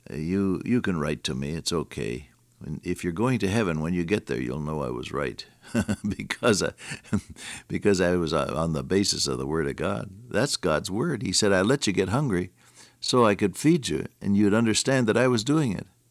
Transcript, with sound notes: You can write to me, it’s okay if you’re going to Heaven, when you get there, you’ll know I was right (laughs) because I was on the basis of the Word of God. That’s God’s Word. He said, “I let you get hungry so I could feed you and you’d understand that I was doing it”.